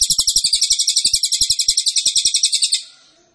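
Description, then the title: Pygmy bushtit singing a sustained, very high, sibilant trill of fast buzzy pulses for nearly three seconds, over scattered faint low clicks. Champion (sang juara) cililin, "ampuh", song used as a masteran tutor recording for training cage birds. "Cililin AMPUH. Masteran Burung cililin masteran sang juara"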